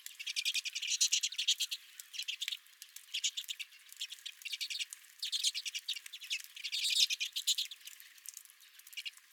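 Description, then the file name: Redpolls chattering in repeated rattling bursts of dry rapid notes, pausing briefly between runs. Several redpolls at the recordist's own feeder. "Redpolls at My Feeder"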